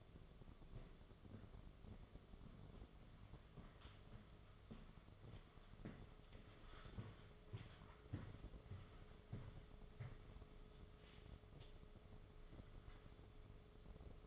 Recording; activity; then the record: daily activity, microphone in the room; walk to room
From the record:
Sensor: 4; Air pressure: 1011.2 hPa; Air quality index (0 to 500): 134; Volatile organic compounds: 3 ppm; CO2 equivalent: 1377 ppm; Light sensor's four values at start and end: 188/489/209/218 and 174/453/194/200